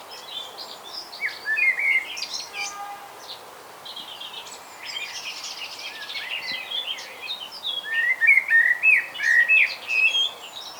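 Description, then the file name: Common blackbird song: warbled phrases near the start and again near the end, with a burst of squeaky high notes between them. "Turdus merula"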